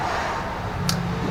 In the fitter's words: That one clicked on.